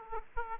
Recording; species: mosquito wingbeat signal from an infrared sensor; Aedes aegypti